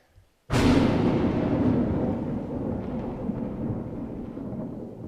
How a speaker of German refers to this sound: Hören Sie? Was? Wie es regnet? Pfingsten naht, wieder verregnet?